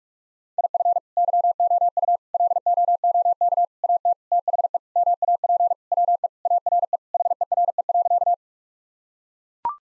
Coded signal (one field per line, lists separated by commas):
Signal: Morse code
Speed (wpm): 41 wpm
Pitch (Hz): 700 Hz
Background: none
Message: IF YOU LOOK AT THE MAP WE ARE HERE.